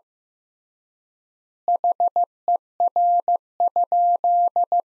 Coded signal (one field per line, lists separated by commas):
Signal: Morse code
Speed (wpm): 15 wpm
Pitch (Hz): 700 Hz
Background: none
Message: HER?